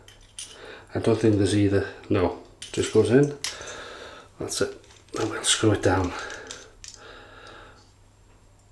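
After a double-edge blade is placed, the metal top plate of a Pearl Flexi Adjustable Razor V.2 is handled and about to be screwed down onto the razor's handle and base while someone talks. Brief light handling taps are heard around 6.5 and 6.8 seconds. Nothing has seated or clicked yet.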